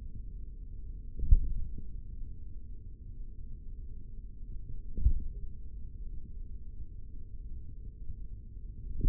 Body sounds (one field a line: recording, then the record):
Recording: forearm muscle sounds (acoustic myography)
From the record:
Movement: finger pinch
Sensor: system 3, bracelet of six PUI Audio POM-2738L microphones around the upper forearm, with dedicated amplification and filtering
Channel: 4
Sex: male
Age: 56 years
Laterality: right